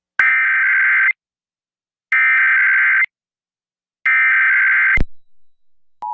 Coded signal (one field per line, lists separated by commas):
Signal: Emergency Alert System (SAME) tones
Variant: header bursts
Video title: 2 Monthlies and 3 NWR Weeklies (EAS #831-#835)